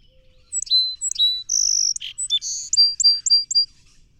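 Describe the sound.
Song sparrow singing two sharp opening notes, a long high buzz, a rough note and a brisk trill of repeated chips.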